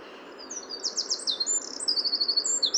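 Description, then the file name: Eurasian wren song: bright, very high trills and fast chattering phrases, some drawn-out whistled notes mixed in, with steady faint background noise. "Troglodytes troglodytes"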